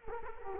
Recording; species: mosquito wingbeat signal from an infrared sensor; Culex quinquefasciatus